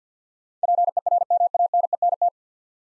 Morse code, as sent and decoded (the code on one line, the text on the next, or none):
.--. . .-. -- .- -. . -. -
PERMANENT